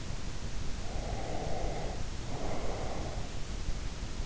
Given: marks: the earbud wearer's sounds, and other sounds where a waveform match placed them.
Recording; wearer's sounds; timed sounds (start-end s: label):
sounds in sleep by an in-ear microphone; breath
0.98-3.31 s: breath